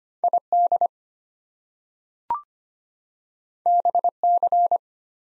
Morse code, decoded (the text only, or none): ID BC